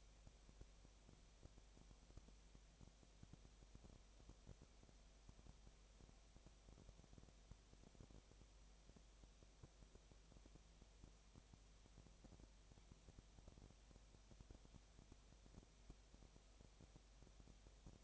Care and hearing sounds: daily activity, microphone in the room; no activity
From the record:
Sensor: 1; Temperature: 19.8 degrees Celsius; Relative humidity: 37.9%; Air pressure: 998.8 hPa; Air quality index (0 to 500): 233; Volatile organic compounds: 134 ppm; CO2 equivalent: 3950 ppm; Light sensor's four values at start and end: 1/2/1/1 and 1/2/1/1

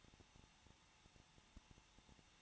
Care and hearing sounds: daily activity, microphone in the room; no activity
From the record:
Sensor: 1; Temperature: 20.1 degrees Celsius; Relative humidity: 39.4%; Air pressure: 1006.3 hPa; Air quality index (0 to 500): 219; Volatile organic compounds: 82 ppm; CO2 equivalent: 3624 ppm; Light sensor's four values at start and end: 1/2/1/1 and 1/2/1/1

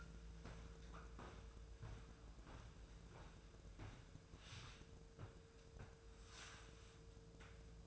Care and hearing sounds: daily activity, microphone in the room; walk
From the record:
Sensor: 2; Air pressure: 1005.3 hPa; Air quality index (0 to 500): 98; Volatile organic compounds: 2 ppm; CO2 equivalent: 1189 ppm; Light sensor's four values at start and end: 9/20/8/8 and 8/20/8/8

